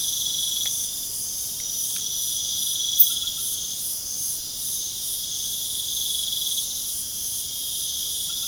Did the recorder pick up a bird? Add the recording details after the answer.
no. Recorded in pastures near Puerto Asís, Putumayo, Colombia, on 29 June 2025 at 22:00. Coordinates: 0.497, -76.327. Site G040